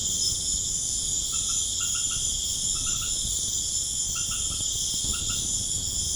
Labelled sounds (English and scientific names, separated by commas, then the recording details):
none
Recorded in pastures near Puerto Asís, Putumayo, Colombia, on 21 March 2025 at 20:00
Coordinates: 0.505, -76.324
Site GP08